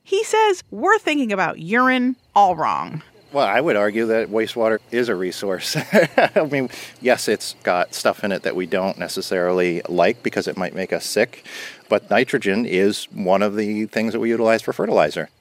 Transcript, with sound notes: He says we're thinking about urine all wrong.
Well, I would argue that wastewater is a resource. (laughter) I mean, yes, it's got stuff in it that we don't necessarily like because it might make us sick, but nitrogen is one of the things that we utilize for fertilizer.